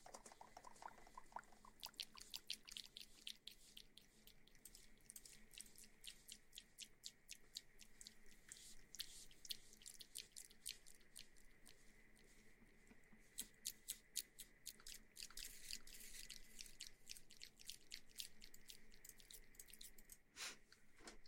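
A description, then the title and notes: A water bottle is shaken alongside ear massage sounds, giving crisp, drippy clicks and splashy taps. After a quiet first two seconds the taps come dense and irregular, with louder bursts around 14 to 16 seconds, over a faint steady whine and low hum. ASMR Shaking water bottle & Ear massage.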